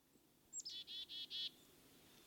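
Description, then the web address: Black-capped chickadee chick-a-dee call: a high thin opening note, then a few buzzy 'dee' notes, faint against a quiet hiss. Chick-a-dee call, voiced year-round; pairs call to one another as they move about. "Birdnote. Clever Chickadees"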